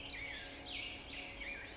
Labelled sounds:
Black-headed Grosbeak (Pheucticus melanocephalus)

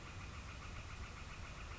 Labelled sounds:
Northern Flicker (Colaptes auratus)

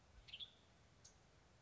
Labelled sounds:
Western Tanager (Piranga ludoviciana)

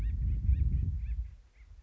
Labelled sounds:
Acorn Woodpecker (Melanerpes formicivorus)

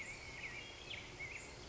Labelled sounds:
Black-headed Grosbeak (Pheucticus melanocephalus)

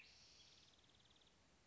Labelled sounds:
Spotted Towhee (Pipilo maculatus)

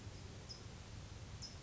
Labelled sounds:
California Towhee (Melozone crissalis)

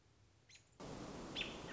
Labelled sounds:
American Robin (Turdus migratorius)

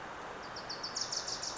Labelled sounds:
Wilson's Warbler (Cardellina pusilla)

